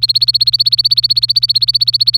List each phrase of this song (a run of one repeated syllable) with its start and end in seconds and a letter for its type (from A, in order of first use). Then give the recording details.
0.00-2.17 A. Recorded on 24 April 2018 at 10:24. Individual llb3